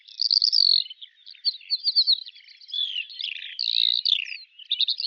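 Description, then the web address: Eurasian skylark song, a fast stream of high trills, chirps and warbled notes, run together with only brief pauses throughout. "Deverinetal 2025 File cleaned normalized Bird Al Ar"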